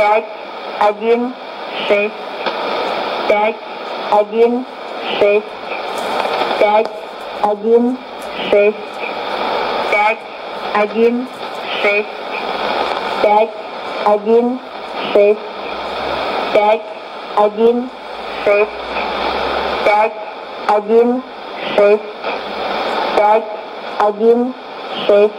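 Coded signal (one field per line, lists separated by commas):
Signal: numbers station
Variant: S06s Russian Lady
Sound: female voice reading short evenly spaced Russian number words through shortwave noise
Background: radio static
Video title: 22 07 2016 Number station S06s Russian Lady to Eu 0940 on 9655 unknown tx site CUSB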